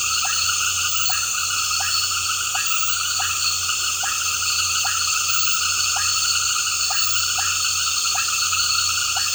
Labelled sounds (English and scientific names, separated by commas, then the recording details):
none
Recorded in pastures near Puerto Asís, Putumayo, Colombia, on 8 March 2025 at 19:00
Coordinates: 0.466, -76.322
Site CSA-02